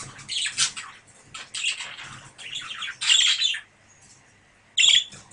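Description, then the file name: Budgerigar calls: scratchy, chattering bursts high in pitch, broken by short pauses, with a loud harsh note near the end. A pair of budgerigars. "suara pasangan parkit. omkicau"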